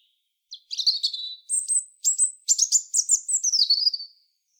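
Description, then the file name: European robin song: one continuous phrase of high, thin whistles and quick tinkling trills. "Erithacus rubecula"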